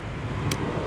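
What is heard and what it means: A fuel line quick-connect fitting is pushed onto the fuel rail of a truck engine, with a steady low rumble in the background. A sharp click at 0.5 s marks the fitting seating, and it is then pulled back to check that it holds.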